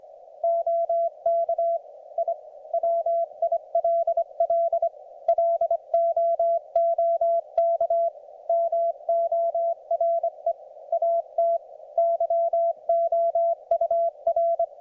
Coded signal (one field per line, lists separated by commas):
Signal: Morse code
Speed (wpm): 23 wpm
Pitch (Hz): 690 Hz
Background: none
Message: OK I WILL LOOK MORE AT YOUR